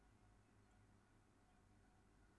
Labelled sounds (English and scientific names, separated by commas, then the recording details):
Song Thrush (Turdus philomelos)
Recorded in Germany
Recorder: ecoPi